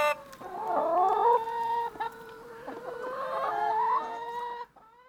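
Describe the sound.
Chicken clucking with two long, wavering harmonic calls separated by a brief dip, ending abruptly.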